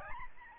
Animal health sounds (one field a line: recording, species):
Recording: mosquito wingbeat signal from an infrared sensor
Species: Aedes albopictus